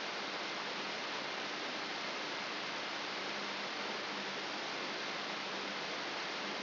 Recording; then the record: brain microelectrode recording played as sound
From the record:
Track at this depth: inside the subthalamic nucleus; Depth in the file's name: 2.904 mm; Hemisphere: left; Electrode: 3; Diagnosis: Parkinson's disease